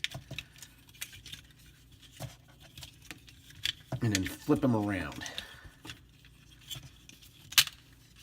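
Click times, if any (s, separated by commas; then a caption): 7.6 s. While a Transformers Cyberverse Ultra Grimlock plastic action figure is transformed, its chest section is flipped around and pushed back into the robot toy's torso. Small plastic clicks and handling taps sound throughout, and someone talks in the middle. The chest panel locks into place with the sharpest, loudest click at 7.6 seconds.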